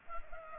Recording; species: mosquito wingbeat signal from an infrared sensor; Culex pipiens